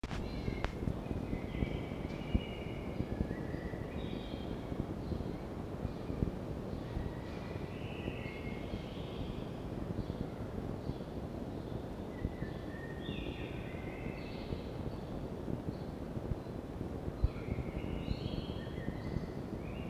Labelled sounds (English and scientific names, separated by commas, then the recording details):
Red Fox (Vulpes vulpes)
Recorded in captivity
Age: juvenile
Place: Zoologisches Institut der HUB, Berlin, DE
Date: 1952-05-15 19:25
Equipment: Elmetra
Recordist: Tembrock, Günter